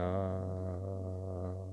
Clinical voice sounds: sustained vowel /a/; male; 50 to 59 years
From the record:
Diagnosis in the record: healthy control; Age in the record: 52 years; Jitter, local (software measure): 1.53%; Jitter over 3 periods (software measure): 0.89%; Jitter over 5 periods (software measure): 0.81%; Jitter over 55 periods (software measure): 1.72%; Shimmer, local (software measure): 7.6%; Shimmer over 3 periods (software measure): 4.3%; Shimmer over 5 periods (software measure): 4.4%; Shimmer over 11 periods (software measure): 5.6%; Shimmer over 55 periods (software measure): 9.1%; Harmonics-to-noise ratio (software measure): 8.0 dB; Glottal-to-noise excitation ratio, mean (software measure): 0.87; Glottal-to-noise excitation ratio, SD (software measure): 0.060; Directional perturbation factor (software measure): 66.7%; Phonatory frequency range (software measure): 0.16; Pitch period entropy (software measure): 2.40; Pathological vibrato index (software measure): 0.50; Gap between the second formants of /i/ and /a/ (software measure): 1642 Hz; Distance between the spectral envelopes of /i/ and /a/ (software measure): 7.8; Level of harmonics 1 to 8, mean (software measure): -2.4, -11.4, -16.5, -15.0, -12.5, -15.5, -12.2, -25.6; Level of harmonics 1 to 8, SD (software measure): 1.1, 4.1, 4.4, 2.6, 3.1, 4.6, 4.7, 5.9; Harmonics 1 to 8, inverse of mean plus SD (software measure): 0.280, 0.064, 0.048, 0.057, 0.064, 0.050, 0.059, 0.032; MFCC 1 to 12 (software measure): 9.7, -2.1, -7.3, 2.9, -1.3, 7.2, 5.1, 6.0, -5.6, -6.5, 5.1, 1.3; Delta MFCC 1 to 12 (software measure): 0.056, 0.069, -0.020, 0.003, 0.058, -0.041, 0.000, 0.003, 0.022, 0.020, -0.007, 0.080

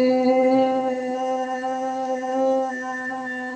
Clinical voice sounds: sustained vowel /i/; female; 60 to 69 years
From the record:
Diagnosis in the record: amyotrophic lateral sclerosis, spinal onset 10 months earlier, bulbar signs present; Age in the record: 64 years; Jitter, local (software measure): 0.76%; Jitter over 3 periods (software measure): 0.48%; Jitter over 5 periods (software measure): 0.45%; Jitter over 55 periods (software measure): 0.68%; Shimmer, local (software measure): 5.7%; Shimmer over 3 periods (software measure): 2.9%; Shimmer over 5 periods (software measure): 3.2%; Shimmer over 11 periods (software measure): 5.2%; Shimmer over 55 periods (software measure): 13.0%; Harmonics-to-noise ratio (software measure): 15.9 dB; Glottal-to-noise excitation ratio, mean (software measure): 0.87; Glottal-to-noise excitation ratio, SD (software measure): 0.031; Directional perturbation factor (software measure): 84.3%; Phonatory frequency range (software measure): 0.09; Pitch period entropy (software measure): 1.47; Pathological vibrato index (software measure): 0.47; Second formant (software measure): 1881 Hz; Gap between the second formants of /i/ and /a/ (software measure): 483 Hz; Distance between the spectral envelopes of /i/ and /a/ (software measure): 5.9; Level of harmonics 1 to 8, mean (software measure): -15.0, -13.3, -16.1, -29.5, -39.8, -39.8, -30.7, -38.9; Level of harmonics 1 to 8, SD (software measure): 5.0, 7.4, 7.5, 6.6, 6.9, 7.5, 8.9, 9.2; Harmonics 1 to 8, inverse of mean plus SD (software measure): 0.050, 0.048, 0.042, 0.028, 0.021, 0.021, 0.025, 0.021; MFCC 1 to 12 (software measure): -3.5, -9.5, -11.6, -15.1, -3.6, -2.3, -13.2, -14.6, 2.0, -9.5, -3.9, 3.9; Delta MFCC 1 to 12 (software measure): -0.010, -0.027, -0.007, 0.048, -0.007, 0.028, -0.052, -0.038, 0.028, 0.033, 0.011, 0.021

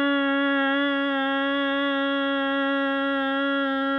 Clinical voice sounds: sustained vowel /a/; female; 50 to 59 years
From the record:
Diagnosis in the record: healthy control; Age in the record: 57 years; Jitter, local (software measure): 0.10%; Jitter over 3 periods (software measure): 0.07%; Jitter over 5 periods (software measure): 0.09%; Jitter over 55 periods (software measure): 0.36%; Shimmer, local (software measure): 0.9%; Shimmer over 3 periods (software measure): 0.4%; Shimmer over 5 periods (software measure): 0.5%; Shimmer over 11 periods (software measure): 0.8%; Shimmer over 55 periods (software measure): 2.1%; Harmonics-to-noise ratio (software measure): 18.4 dB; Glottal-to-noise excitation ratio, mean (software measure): 0.94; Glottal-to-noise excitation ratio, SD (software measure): 0.031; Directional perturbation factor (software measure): 26.7%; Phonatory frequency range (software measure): 0.07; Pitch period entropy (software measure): 0.06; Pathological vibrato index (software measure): 0.19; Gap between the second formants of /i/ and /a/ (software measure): 806 Hz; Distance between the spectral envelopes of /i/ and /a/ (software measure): 10.1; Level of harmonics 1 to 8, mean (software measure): -3.3, -6.6, -16.0, -14.1, -9.0, -9.5, -14.1, -27.4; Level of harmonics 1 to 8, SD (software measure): 1.2, 0.8, 3.6, 3.4, 1.5, 1.6, 1.5, 3.2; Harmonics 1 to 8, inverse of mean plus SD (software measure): 0.227, 0.135, 0.051, 0.057, 0.095, 0.091, 0.064, 0.033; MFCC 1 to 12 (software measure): -12.4, -9.3, -6.8, -5.7, -20.7, -2.4, -7.2, -16.1, -6.6, -12.1, 4.1, 9.1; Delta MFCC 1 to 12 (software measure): 0.004, -0.003, 0.001, 0.005, -0.002, 0.022, 0.002, -0.018, -0.001, 0.013, 0.005, -0.020

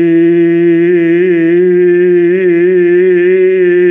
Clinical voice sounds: sustained vowel /i/; male; 60 to 69 years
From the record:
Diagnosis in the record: amyotrophic lateral sclerosis, spinal onset 6 months earlier, bulbar signs present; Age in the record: 67 years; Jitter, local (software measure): 0.35%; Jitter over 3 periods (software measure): 0.13%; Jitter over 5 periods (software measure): 0.18%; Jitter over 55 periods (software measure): 1.77%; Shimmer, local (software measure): 3.2%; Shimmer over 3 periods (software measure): 1.2%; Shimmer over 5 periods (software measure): 2.1%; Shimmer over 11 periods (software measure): 3.6%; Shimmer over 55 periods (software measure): 7.0%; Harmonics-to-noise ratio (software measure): 16.1 dB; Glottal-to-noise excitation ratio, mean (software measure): 0.91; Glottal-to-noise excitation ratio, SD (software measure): 0.032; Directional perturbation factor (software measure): 50.4%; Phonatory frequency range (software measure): 0.28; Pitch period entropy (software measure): 1.45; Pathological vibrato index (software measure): 0.56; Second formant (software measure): 1840 Hz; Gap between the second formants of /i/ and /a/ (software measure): 669 Hz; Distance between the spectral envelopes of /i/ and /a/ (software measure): 8.8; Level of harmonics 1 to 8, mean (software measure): -16.7, -1.7, -30.6, -36.0, -46.8, -48.7, -46.1, -41.6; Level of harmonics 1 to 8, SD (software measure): 2.1, 1.1, 4.2, 5.9, 2.2, 1.9, 1.9, 3.3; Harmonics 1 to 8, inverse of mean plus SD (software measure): 0.053, 0.354, 0.029, 0.024, 0.020, 0.020, 0.021, 0.022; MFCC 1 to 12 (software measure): -4.2, 4.2, 8.2, -30.0, -15.7, -9.6, -8.4, -9.5, 7.8, 3.0, 2.2, 0.8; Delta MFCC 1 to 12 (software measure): 0.002, 0.002, 0.003, 0.000, 0.002, 0.014, 0.014, -0.004, -0.004, -0.012, -0.027, 0.002

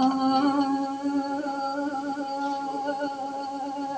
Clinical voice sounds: sustained vowel /a/; female; 50 to 59 years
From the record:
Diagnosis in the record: amyotrophic lateral sclerosis, spinal onset 14 months earlier, no bulbar signs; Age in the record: 55 years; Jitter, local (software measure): 0.76%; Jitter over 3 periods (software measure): 0.42%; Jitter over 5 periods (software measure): 0.47%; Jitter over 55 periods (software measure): 1.70%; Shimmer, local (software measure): 8.3%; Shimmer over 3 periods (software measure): 4.0%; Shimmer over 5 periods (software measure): 5.0%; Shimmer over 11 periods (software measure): 7.9%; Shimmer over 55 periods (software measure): 18.2%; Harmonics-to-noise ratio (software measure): 9.7 dB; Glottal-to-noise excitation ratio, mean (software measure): 0.86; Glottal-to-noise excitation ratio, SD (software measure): 0.031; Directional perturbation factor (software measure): 70.9%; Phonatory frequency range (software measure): 0.24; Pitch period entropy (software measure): 1.99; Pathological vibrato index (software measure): 0.85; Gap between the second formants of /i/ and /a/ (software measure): 1020 Hz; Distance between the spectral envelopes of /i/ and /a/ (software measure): 9.5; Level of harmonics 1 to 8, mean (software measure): -14.7, -22.4, -13.6, -32.8, -29.9, -43.8, -56.9, -50.0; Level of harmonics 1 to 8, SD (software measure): 7.6, 7.1, 5.5, 8.7, 9.7, 8.2, 6.3, 6.3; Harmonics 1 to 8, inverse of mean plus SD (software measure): 0.045, 0.034, 0.052, 0.024, 0.025, 0.019, 0.016, 0.018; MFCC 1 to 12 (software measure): -3.6, -9.0, -14.9, -1.8, -6.5, -9.6, -8.2, -19.3, -5.4, 6.3, 3.2, -4.8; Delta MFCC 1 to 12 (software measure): -0.008, -0.003, 0.009, -0.030, 0.027, 0.042, 0.039, 0.011, 0.010, 0.014, -0.031, 0.007

